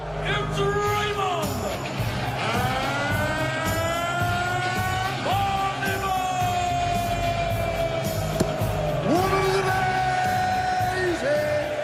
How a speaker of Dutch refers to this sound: En zit het publiek half dronken te joelen en te juichen.